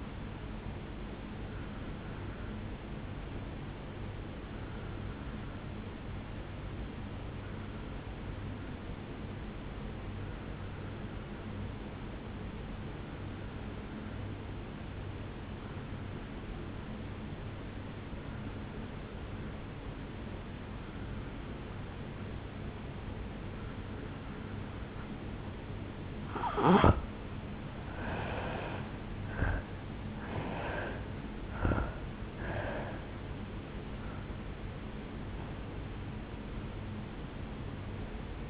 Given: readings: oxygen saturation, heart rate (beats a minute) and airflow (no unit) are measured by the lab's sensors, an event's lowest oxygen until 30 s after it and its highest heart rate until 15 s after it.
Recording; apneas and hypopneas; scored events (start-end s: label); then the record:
breathing in sleep by a voice recorder at the bedside; 1
5.00-38.50 s: new sleep stage, N2 (light sleep)
6.00-24.60 s: obstructive apnea (N2, oxygen 96% highest, then 85% lowest, heart rate 58 at the start, 77 highest)
From the record:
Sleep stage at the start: N1 (lightest sleep); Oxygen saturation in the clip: 85 to 96%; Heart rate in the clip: 57 to 77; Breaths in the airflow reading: 6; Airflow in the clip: -9.5 to 5.9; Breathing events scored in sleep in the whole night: 449 in 7.0 hours asleep